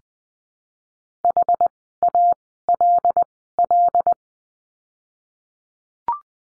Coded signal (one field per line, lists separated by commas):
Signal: Morse code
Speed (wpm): 20 wpm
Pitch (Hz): 700 Hz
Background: none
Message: HALL